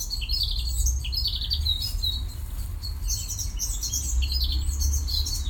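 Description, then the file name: Eurasian blackcap song: continuous high scratchy warbling with rapid, varied notes throughout, over a constant low hum. "Sylvia atricapilla"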